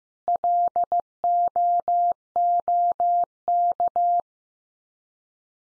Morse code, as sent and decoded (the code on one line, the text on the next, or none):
.-.. --- --- -.-
LOOK